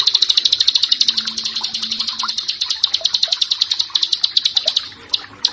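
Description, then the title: Prinia song as a fast run of high, clipped notes, ending with a few spaced notes. "Ciblek Sawah"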